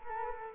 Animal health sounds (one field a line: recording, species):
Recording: mosquito wingbeat signal from an infrared sensor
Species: Culex quinquefasciatus